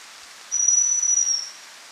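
Chestnut-belted chat-tyrant call, a single piercing high whistle held level for about a second, with a faint constant hiss behind it.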